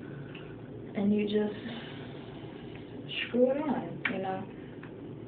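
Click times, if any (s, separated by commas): none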